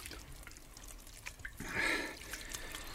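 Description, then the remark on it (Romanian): Water splashes and trickles as it is poured to be drunk, swelling to a brighter gush midway, over a soft hissing background with no voices. “Apa asta e dulce ca o sărbătoare.”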